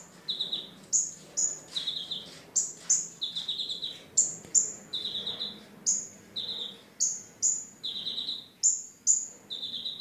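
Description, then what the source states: Sunbird song in a steady series, piercing high notes, often in pairs, alternating with lower, slightly buzzy notes. Mountain sunbird, described as a champion songbird.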